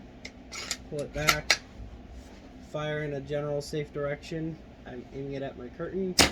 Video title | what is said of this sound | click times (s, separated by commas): novritsch SSG-10 airsoft rifle unboxing | the mag in you hear that click | 0.2 s